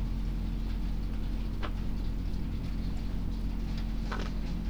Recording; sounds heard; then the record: poultry house recording; sick chickens (respiratory disease)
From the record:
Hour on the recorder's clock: 21